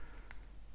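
A razor blade cartridge is released from its holder by pulling a small tab, giving one short, sharp click at 0.3 s that stands out above a quiet background. The cartridge comes free.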